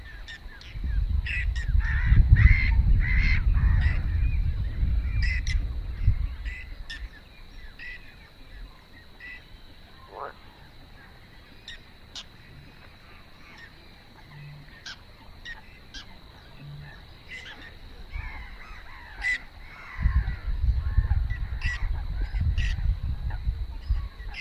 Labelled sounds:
Whiskered Tern call

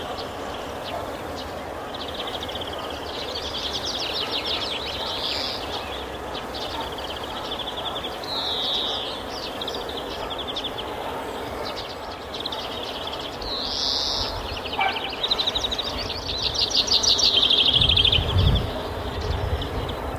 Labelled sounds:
Common Chaffinch song

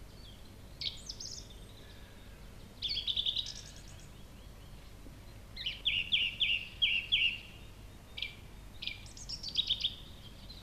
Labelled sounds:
Song Thrush song

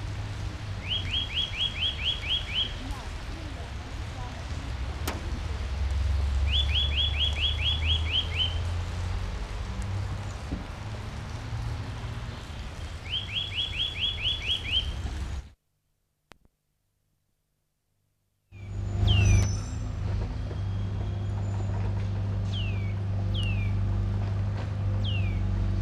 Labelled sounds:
Eurasian Nuthatch

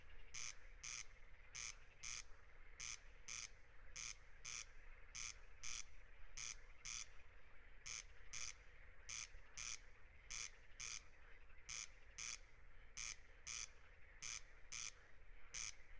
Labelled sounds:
Corn Crake song

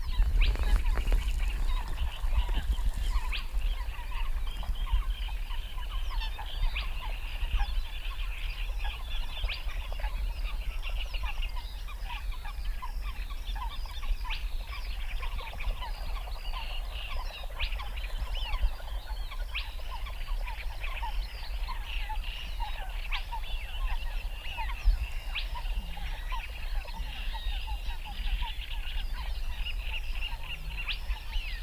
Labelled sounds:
Spotted Crake

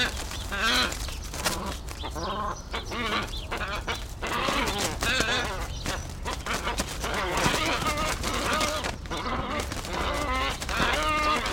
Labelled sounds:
Glossy Ibis

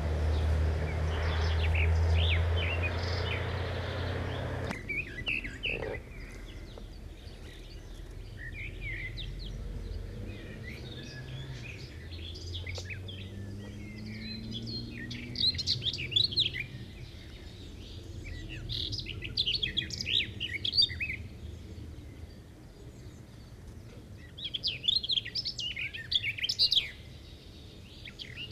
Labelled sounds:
Garden Warbler song

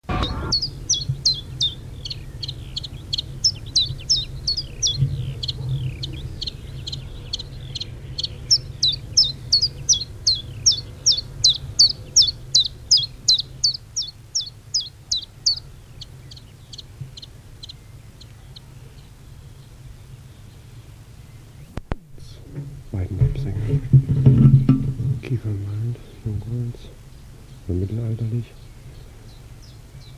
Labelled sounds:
Common Chiffchaff
Eurasian Skylark

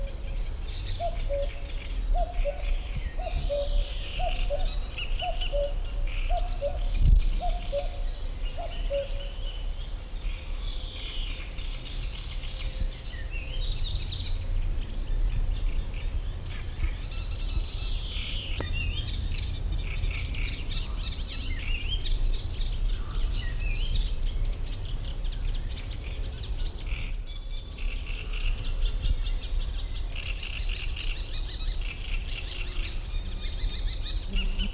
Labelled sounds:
Common Cuckoo call

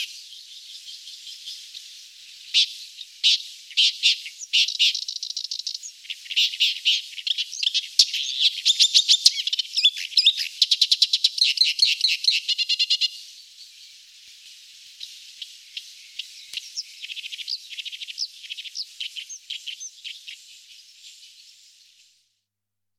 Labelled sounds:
Thick-billed Warbler song

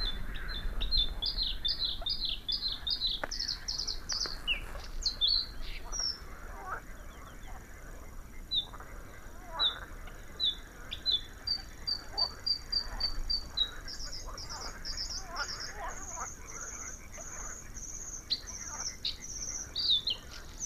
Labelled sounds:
Bluethroat song

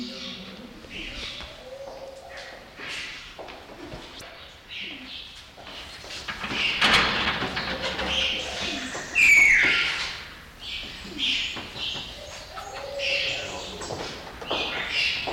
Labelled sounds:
Grey-winged Trumpeter

